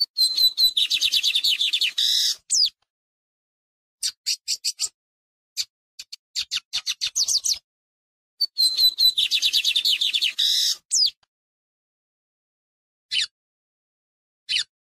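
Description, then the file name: Lined seedeater giving two bursts of rapid, high buzzy twittering song, separated by scattered short chips, with a few isolated sharp notes near the end. "bigodinho"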